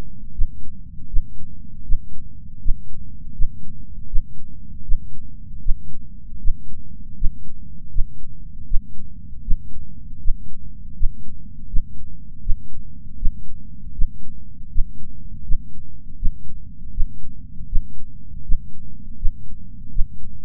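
Steady low-pitched thumps repeat at about 80 beats per minute over a continuous low rumble, with no other sounds. This is a regular adult heartbeat, the rhythm of ordinary heart sounds, paired with an ECG.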